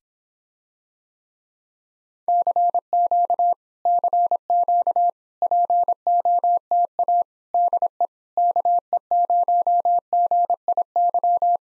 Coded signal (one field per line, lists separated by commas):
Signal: Morse code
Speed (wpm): 26 wpm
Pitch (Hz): 700 Hz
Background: none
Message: CQ CQ POTA DE KE0GIY